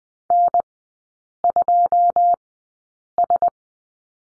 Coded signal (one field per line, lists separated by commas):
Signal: Morse code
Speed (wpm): 20 wpm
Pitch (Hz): 700 Hz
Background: none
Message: N2S